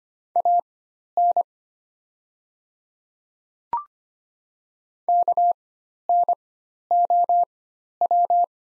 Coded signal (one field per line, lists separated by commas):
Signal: Morse code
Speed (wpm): 25 wpm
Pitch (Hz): 700 Hz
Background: none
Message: AN KNOW